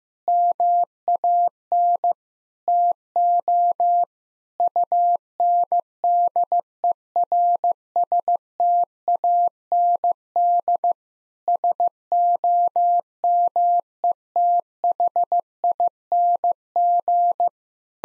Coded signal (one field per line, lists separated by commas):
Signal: Morse code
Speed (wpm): 15 wpm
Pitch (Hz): 700 Hz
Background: none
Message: MAN TO UNDERSTAND SOMETHING